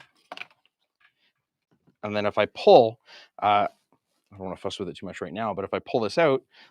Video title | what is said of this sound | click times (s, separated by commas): Deep Trekker Product Launch | which i can pop out | 0.3 s, 0.4 s